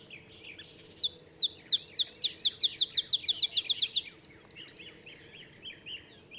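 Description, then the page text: Olive sparrow song: a loud series of downslurred chip notes accelerating into a trill over about three seconds, then softer chirps. Male olive sparrow singing early morning in Texas, 50 miles north of the Mexican border; simple songs recall a field sparrow's bouncing-ball song, though less mellow and melancholy. "songs Olive Sparrow. Recording early morning just 50 miles north of the Mexican border in Texas. Birdsong for the Curious Naturalist"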